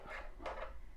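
A plastic 5A presser foot is handled against the foot holder of a Pfaff Expression Series sewing machine, giving soft rubbing and light knocking with a slightly sharper tap near 0.5 seconds. Nothing has seated or clicked yet; the foot is not yet home.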